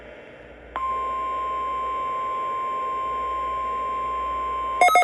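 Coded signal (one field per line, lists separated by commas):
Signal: Emergency Alert System (SAME) tones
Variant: 1050 Hz attention tone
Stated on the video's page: Weekly test on weather radio in downtown Madison, Wisconsin.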